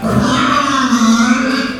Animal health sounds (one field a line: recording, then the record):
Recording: squeal of a Yucatan mini pig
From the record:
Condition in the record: after surgery on the right vocal fold (resection and tissue-engineered implant)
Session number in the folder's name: 13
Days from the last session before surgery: 113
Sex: female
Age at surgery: 19 weeks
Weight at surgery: 25 kg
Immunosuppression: prednisolone